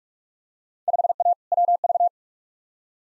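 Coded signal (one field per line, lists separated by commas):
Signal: Morse code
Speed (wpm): 41 wpm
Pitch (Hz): 700 Hz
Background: none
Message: 5A WV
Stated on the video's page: Head-copy drill of Field Day exchanges sent at 45wpm, each exchange sent twice.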